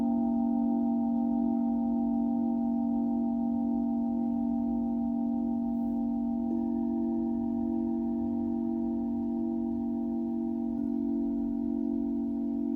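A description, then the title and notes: A Tibetan singing bowl rings in a long, steady drone, its deep warm hum layered with several clear, sustained higher tones. The sound holds at an even level for the whole stretch, with a faint low rumble underneath and a few tiny clicks near the middle. Tibetan Singiing Bowl.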